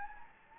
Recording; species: mosquito wingbeat signal from an infrared sensor; Anopheles gambiae